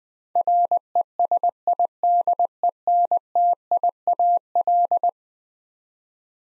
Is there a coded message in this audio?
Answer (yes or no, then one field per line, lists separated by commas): yes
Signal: Morse code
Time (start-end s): 0.4-5.1 s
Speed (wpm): 20 wpm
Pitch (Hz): 700 Hz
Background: none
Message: RESIDENTIAL